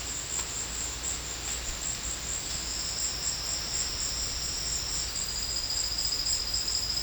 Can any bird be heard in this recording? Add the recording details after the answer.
no. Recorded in secondary vegetation near Puerto Asís, Putumayo, Colombia, on 4 March 2025 at 15:30. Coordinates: 0.498, -76.327. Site G001